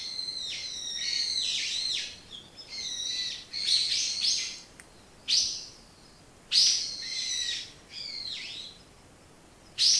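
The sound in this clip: Bird song: bright, high chirping phrases with harmonic notes, repeated in bursts roughly every one to two seconds.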